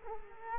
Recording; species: mosquito wingbeat signal from an infrared sensor; Culex quinquefasciatus